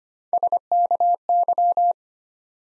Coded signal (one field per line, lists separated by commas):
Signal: Morse code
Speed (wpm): 25 wpm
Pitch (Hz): 700 Hz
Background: none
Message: SKY